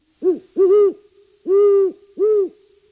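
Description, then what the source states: Great horned owl hooting: four deep, soft hoots, a short one then a longer one, a pause, then two more evenly spaced, over a quiet background. Also known as cat owl because of its ear-like feather tufts.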